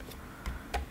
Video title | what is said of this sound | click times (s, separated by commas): Herbalizer vaporizer unboxing review by vaporizer blog // VaporizerBlog.com | just snaps back in, just like that and now | 0.7 s